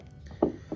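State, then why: Seated. A heavy metal cap is pressed back onto a glass cologne bottle and clicks in place at 0.4 s with a sharp, bright snap. A fainter tap follows at 0.7 s, and the cap is seated.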